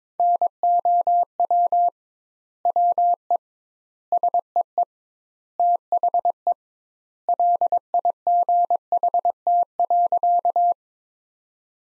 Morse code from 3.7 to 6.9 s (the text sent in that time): SEE THE